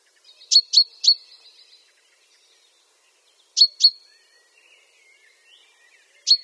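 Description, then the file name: Chaffinch calls: short, sharp high chinks, given in a quick run of three, then a pair, then a single note, with faint softer twitters in between. "Fringilla coelebs"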